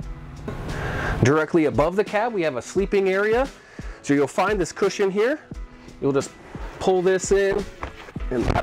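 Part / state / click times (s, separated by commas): cab-over bunk extension cushion into the bed platform / seated / 8.5 s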